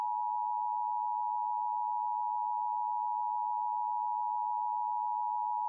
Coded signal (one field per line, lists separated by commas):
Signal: Emergency Alert System (SAME) tones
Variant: 853 and 960 Hz attention tone